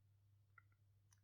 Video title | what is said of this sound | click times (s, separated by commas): Így építhetsz TE is egyedi PS5 kontrollert! 🎮 - eXtremeRate SPARK + Gulikit 720° | Kicsit hajtunk rajta, és itt már bele is pattan a helyére. | 0.6 s